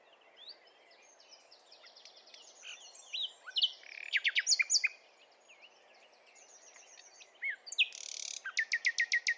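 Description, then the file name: Common nightingale song phrases: soft twittering, a quick series of loud rattling notes midway, then a buzzy burst and rapid repeated clicks at the end. "Luscinia megarhynchos"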